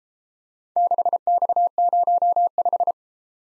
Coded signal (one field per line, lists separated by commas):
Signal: Morse code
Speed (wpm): 33 wpm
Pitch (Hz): 700 Hz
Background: none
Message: 6X05